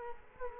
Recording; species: mosquito wingbeat signal from an infrared sensor; Culex quinquefasciatus